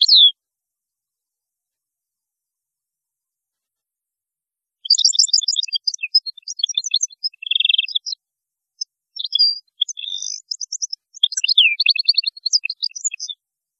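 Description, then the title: European goldfinch song: one brief slurred note, a few seconds of quiet, then a long, lively run of jangling twitters and trills. "Chant Chardonneret"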